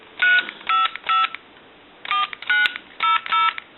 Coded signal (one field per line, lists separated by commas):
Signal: DTMF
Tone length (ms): 160 ms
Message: 55 4900